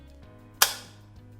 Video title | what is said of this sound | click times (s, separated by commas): Tips for Freestyle Libre Sensor - Diabetes Type 1 | on the device it will make a click sound it | 0.6 s